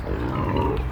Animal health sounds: contact call of a hoofed animal; wild boar; grunt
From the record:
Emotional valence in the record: negative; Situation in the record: naturally occurring agonistic interactions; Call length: 0.91 s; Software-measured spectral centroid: 1380 Hz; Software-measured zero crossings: 920 a second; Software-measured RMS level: -24 dBFS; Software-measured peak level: -11 dBFS

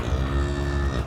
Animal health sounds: contact call of a hoofed animal; cattle; low-frequency (closed-mouth) or high-frequency (open-mouth) call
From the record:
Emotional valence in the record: positive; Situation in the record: visual reunion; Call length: 1.07 s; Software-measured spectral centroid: 1840 Hz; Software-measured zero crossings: 1060 a second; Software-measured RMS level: -24 dBFS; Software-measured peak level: -12 dBFS

